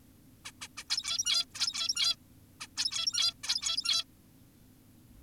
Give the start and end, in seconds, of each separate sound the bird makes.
0.45-0.52, 0.62-0.68, 0.78-0.84, 0.90-1.45, 1.55-2.16, 2.61-2.68, 2.77-3.34, 3.44-4.04